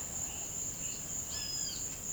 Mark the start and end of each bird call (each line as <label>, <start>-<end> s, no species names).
bird call, 1.26-1.82 s